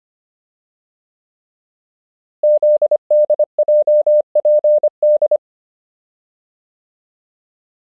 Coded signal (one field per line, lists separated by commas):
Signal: Morse code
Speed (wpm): 25 wpm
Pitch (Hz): 600 Hz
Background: none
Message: ZDJPD